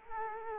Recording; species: mosquito wingbeat signal from an infrared sensor; Culex quinquefasciatus